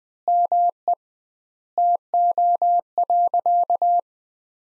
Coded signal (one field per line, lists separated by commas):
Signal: Morse code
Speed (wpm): 20 wpm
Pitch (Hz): 700 Hz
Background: none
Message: ME TO.